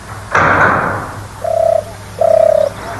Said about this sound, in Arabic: أقول وقد ناحت بقربي حمامة، أيا جارتان هل تشعرين بحالي؟